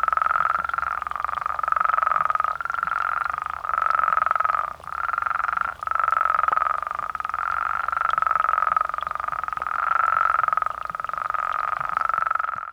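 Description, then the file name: Mexican spadefoot toad calling, continuous buzzy pulsed trills, one call running into the next with short breaks roughly every second. "Spea multiplicata"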